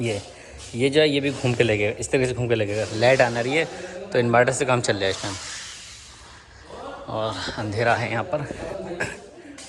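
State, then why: Seated. Someone talks over a faint hiss while operating the lock handle on an aluminium window frame, and a short, sharp click at 9.6 s marks the lock engaging fully. The lock now seats perfectly, which it did not do earlier.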